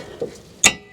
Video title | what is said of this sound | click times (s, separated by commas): 2004 - 2013 Nissan Pathfinder Armada Replacing Rear Brake Pads & Rotors Easy DIY Titan Infiniti Q56 | Like so. You heard them click. | 0.2 s, 0.7 s